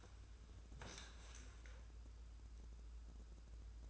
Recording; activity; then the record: daily activity, microphone in the room; sit down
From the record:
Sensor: 2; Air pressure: 994.4 hPa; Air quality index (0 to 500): 202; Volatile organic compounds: 1000 ppm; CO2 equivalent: 6653 ppm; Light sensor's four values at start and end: 86/195/86/91 and 119/284/120/126